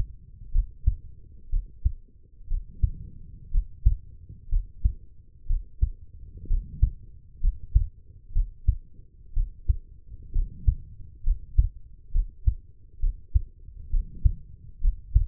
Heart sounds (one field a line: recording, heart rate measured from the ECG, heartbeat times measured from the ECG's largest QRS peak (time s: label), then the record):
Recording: heart sounds by stethoscope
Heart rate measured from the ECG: 63 bpm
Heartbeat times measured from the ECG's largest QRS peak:
0.51 s: heartbeat
1.49 s: heartbeat
2.47 s: heartbeat
3.51 s: heartbeat
4.49 s: heartbeat
5.46 s: heartbeat
6.47 s: heartbeat
7.40 s: heartbeat
8.32 s: heartbeat
9.33 s: heartbeat
10.32 s: heartbeat
11.23 s: heartbeat
12.11 s: heartbeat
12.99 s: heartbeat
13.90 s: heartbeat
14.80 s: heartbeat
From the record:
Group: healthy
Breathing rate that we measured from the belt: 16 breaths a minute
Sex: female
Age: 23 years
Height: 160 cm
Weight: 50.4 kg